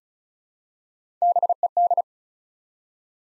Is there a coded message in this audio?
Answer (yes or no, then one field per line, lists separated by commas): yes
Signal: Morse code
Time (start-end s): 1.2-2.0 s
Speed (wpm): 36 wpm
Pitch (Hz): 700 Hz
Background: none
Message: BED